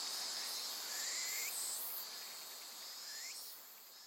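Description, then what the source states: Insects trilling in a high steady chorus, with two short rising whistles cutting through. Various insects in a forest of dense trees beside the Azusa River, Shinano River system, Shinshu.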